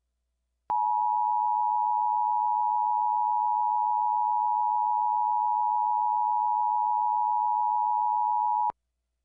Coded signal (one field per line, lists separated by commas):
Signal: Emergency Alert System (SAME) tones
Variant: 853 and 960 Hz attention tone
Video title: EAS Alert #3 - Severe Thunderstorm Warning